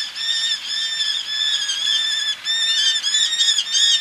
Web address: eleonoras falcon